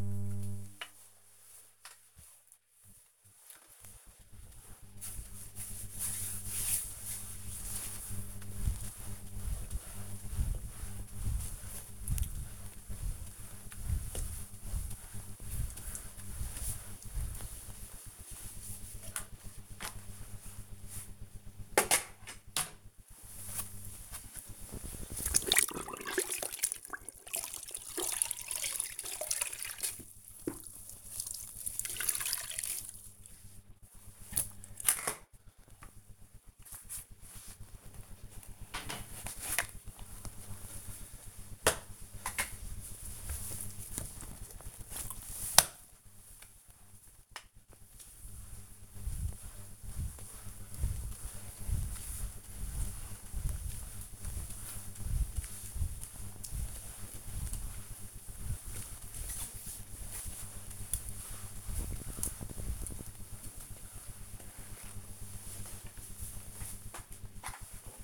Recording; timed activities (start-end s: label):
household activities, microphone on the right wrist
0.00-68.04 s: floor cleaning